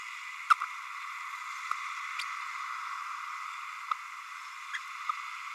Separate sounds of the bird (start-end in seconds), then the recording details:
0.50-0.54. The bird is a female. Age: 29 days. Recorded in a nest box in Venezuela. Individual 17B32A7